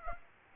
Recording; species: mosquito wingbeat signal from an infrared sensor; Aedes aegypti